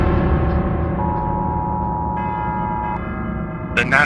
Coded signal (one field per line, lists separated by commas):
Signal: Emergency Alert System (SAME) tones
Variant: 853 and 960 Hz attention tone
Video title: EAS Scenario 3: Pure insanity (Part 2)